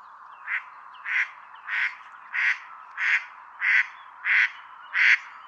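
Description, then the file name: Mallard quacking: eight harsh, nasal quacks repeated steadily about every two-thirds of a second, growing slightly louder through the series, over a faint steady background hiss. Female; call. "krzyzowka peter boesman. wilde eend. roep wijfje"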